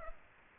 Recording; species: mosquito wingbeat signal from an infrared sensor; Aedes aegypti